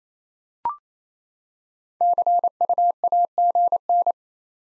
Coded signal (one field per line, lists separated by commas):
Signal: Morse code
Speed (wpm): 28 wpm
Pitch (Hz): 700 Hz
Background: none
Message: CU AGN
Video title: Top 20 QSO Elements 28wpm